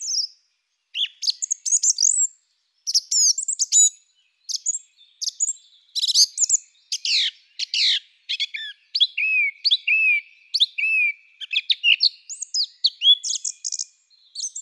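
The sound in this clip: Song thrush in full song, a dense stream of varied whistles, trills and chirping notes in quick succession.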